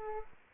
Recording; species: mosquito wingbeat signal from an infrared sensor; Aedes aegypti